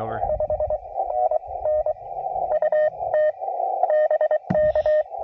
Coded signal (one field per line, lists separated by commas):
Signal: Morse code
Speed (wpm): 24 wpm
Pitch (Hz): 610 Hz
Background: speech, radio noise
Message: 5NN UT BK